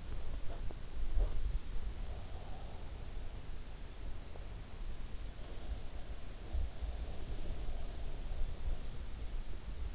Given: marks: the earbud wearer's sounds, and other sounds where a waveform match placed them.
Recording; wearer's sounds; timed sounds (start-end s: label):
sounds in sleep by an in-ear microphone; teeth grinding
0.00-1.67 s: teeth grinding
4.94-9.68 s: sound from someone else or the room